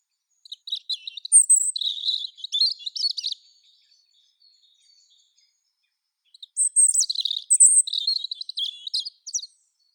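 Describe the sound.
European robin song, two long high phrases of rapid tinkling notes, thin whistles and warbles, separated by a quiet pause of about three seconds.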